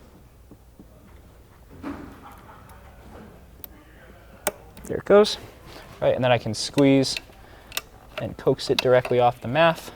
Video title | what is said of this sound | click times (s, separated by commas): Mercedes W203 C350 PCV Replacement DIY (2005-2014 Mercedes Benz M272 Engine & M273 Engine) | and separate you will hear it click open when that locking tab is separated there it goes right and then I | 3.6 s, 4.5 s